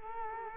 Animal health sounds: mosquito wingbeat signal from an infrared sensor; Culex quinquefasciatus

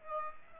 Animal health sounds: mosquito wingbeat signal from an infrared sensor; Aedes aegypti

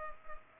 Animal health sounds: mosquito wingbeat signal from an infrared sensor; Culex pipiens

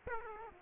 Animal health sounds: mosquito wingbeat signal from an infrared sensor; Aedes aegypti

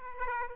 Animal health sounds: mosquito wingbeat signal from an infrared sensor; Aedes aegypti

